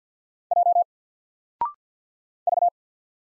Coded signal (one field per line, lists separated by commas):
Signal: Morse code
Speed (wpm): 53 wpm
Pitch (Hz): 700 Hz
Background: none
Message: J V